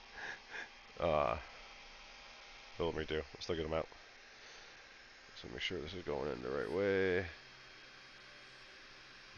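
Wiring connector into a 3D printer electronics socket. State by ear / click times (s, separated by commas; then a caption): not seated / none. Someone talks while checking the orientation of a wiring connector before pushing it into its socket on the electronics of a Siboor Voron Trident 3D printer being wired. The connector is only lined up for insertion here, with quiet pauses and low background hum between the speech, and nothing has seated or clicked yet.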